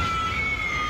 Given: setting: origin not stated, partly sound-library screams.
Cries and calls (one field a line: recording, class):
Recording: one-second piece from a danger detection set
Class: woman in danger